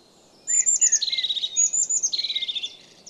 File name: Kuifmees